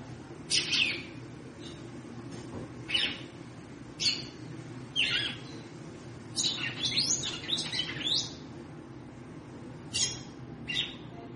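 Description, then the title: Red-cowled cardinal giving repeated bright chips, a fast stuttering cluster midway, then spaced single notes, over a steady low hum. Female bird, described as 'triculando' and 'batendo fogo', apparently calling to stimulate the male. "Canto Galo Campina Fêmea. Fêmea de GALO DE CAMPINA - TRICULANDO,BATENDO FOGO PRA ESQUENTAR O MACHO??"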